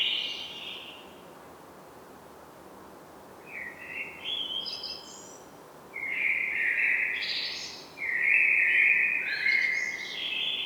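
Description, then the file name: Common blackbird song in several phrases: fluty low warbles each followed by thin, high twittering flourishes, coming in quicker succession toward the end. "Turdus merula"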